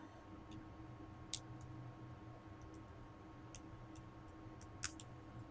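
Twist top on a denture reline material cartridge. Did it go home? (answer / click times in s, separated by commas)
yes / 4.8 s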